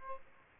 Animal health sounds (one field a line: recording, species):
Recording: mosquito wingbeat signal from an infrared sensor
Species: Aedes aegypti